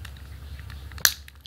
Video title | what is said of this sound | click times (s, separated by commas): Digimon Adventure 02 Digmon Armor Evolution Set Review | clip in the ball joints you'll hear a nice snapping | 1.1 s